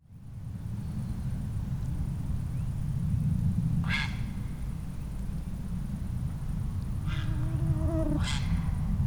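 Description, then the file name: Grey heron producing three coarse, grating squawks, at about four, seven and eight seconds, a faint wavering tonal note before the last, all over heavy low-pitched background rumble. "Ardea cinerea"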